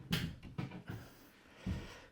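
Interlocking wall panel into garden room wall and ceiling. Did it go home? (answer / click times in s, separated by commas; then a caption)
no / none. An interlocking wall cladding panel for a garden room wall and ceiling is set on a packer and lined up under the ceiling before being shoved to lock in. A few dull knocks and scrapes sound around 0.1, 0.4, 0.6 and 0.9 seconds, then a quieter stretch and another thud near 1.7 seconds. Nothing has seated or clicked yet.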